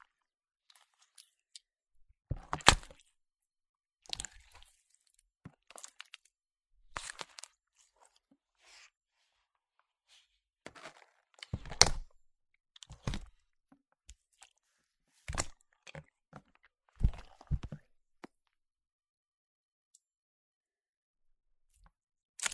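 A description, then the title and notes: Slime being squeezed and pressed, giving sharp crunchy pops and crackles in scattered bursts. The loudest snaps land around 3, 12 and 15–17 seconds, with quieter crackles between and near silence after about 18 seconds. 史萊姆｜Slime.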